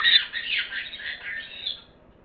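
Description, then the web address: Parrot giving harsh, drawn-out squawking that fades away. "cri de perroquet"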